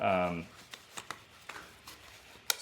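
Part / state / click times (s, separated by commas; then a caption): shoulder strap clip into its mating buckle on a plate carrier / seated / 2.5 s. An adjustable shoulder-strap clip, which sits inside a small fabric sleeve on a nylon plate carrier, is worked into its mating plastic buckle. Someone talks briefly at the start, followed by a few small handling taps. A loud, sharp snap at 2.5 s marks the buckle clicking fully together and seating.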